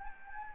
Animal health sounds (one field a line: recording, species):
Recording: mosquito wingbeat signal from an infrared sensor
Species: Anopheles gambiae